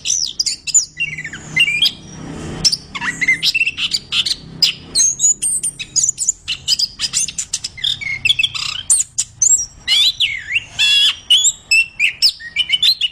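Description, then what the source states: Orange-headed thrush singing a long, hurried medley of high whistled and squeaky notes, rising and falling sweeps, with a brief rush of noise early on. Described as gacor, singing vigorously and continuously.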